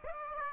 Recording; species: mosquito wingbeat signal from an infrared sensor; Aedes aegypti